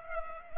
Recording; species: mosquito wingbeat signal from an infrared sensor; Culex pipiens